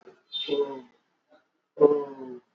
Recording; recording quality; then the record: sustained vowel as in boot; moderate, slight background noise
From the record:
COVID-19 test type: RT-PCR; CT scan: not taken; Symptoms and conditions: none ticked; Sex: male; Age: 33 years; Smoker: no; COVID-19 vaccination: both doses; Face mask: worn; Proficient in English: yes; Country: India